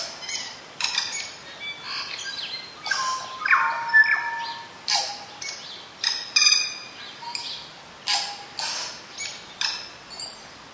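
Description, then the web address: Tui singing a jumble of clicks, creaky chatters, wheezes and a sustained pure whistled note, phrases repeated irregularly throughout. Northland bush, New Zealand. "Lynne Music Northland-Bush-Tui"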